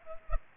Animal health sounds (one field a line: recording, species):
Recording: mosquito wingbeat signal from an infrared sensor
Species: Culex pipiens